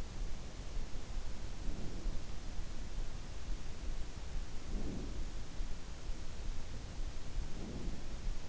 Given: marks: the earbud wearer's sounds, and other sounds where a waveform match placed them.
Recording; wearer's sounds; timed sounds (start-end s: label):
sounds in sleep by an in-ear microphone; breath
1.45-2.50 s: breath
4.51-5.13 s: breath
7.28-8.23 s: breath